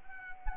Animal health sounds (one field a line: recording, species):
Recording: mosquito wingbeat signal from an infrared sensor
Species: Anopheles arabiensis